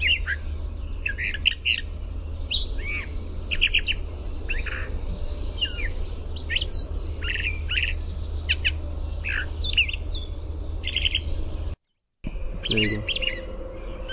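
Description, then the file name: Brown thrasher song: a long run of varied, sharp phrases, many given in quick pairs, over a steady low hum, with a brief dropout near the end. "BRTH song"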